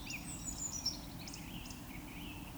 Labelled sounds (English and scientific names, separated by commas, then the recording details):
Eurasian Woodcock (Scolopax rusticola)
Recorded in Baden-Württemberg, Germany, on 22 June 2020 at 19:44 UTC
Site 43286, 227 m above sea level